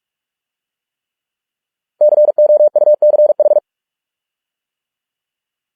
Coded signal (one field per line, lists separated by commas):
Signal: Morse code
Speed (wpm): 46 wpm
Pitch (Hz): 600 Hz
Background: none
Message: COUCH